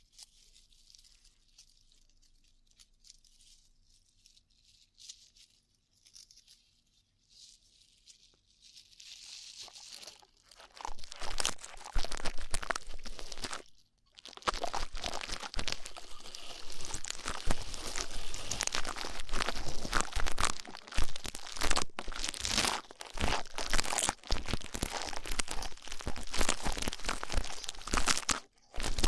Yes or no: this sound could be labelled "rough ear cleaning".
yes